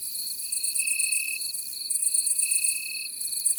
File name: La grande sauterelle verte